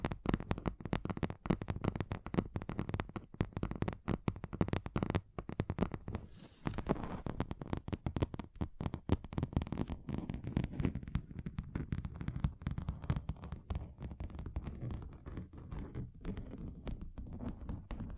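Fingers tap on a table in fast, dense runs of sharp knocks, the strikes packed close together almost throughout. Around six to seven seconds the tapping briefly breaks into a softer, hissy rustle, then resumes with a slightly duller, lower tone on a different surface.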